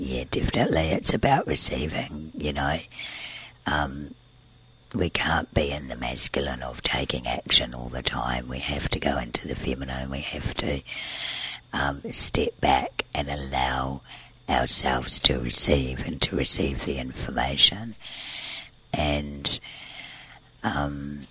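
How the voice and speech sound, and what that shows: Low-pitched, creaky, partly whispery voice in connected speech from an adult woman: dysphonia from a scarred vocal cord, caused by surgery to remove large laryngeal cysts she was born with. She still breathes through a tracheostomy tube because of a narrow airway.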